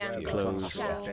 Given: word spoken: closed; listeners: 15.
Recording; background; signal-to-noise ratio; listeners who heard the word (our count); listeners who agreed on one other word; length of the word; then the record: one English word in noise, from a listening test; four-talker babble; 0.5 dB; 2 of 15; 7 of 15; 0.73 s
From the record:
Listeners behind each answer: 7, 3, 2, 1, 1, 1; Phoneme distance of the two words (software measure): 14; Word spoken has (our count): 1 syllable, 5 phonemes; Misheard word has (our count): 1 syllable, 5 phonemes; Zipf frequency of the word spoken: 4.69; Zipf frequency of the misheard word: 4.74